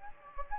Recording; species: mosquito wingbeat signal from an infrared sensor; Anopheles gambiae